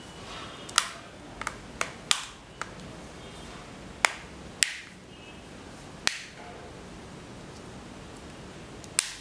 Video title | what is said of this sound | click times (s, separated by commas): Samsung Galaxy Nexus Hands-On Review Android I9250 Mobile Phone | this would be a few click click sounds | 0.8 s, 2.1 s, 4.0 s, 4.6 s, 6.1 s, 9.0 s